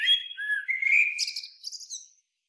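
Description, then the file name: Eurasian blackbird giving a single song phrase of low, mellow fluted notes that rise into a thin, high twittering tail. "Turdus merula"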